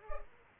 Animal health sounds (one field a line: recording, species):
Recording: mosquito wingbeat signal from an infrared sensor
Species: Culex pipiens